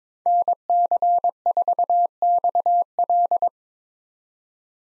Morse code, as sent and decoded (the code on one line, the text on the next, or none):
-. -.-. ....- -..- .-..
NC4XL